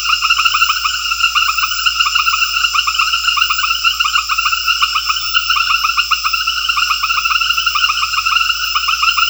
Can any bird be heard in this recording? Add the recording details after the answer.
no. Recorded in secondary vegetation near Puerto Asís, Putumayo, Colombia, on 8 March 2025 at 20:00. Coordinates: 0.498, -76.327. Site G001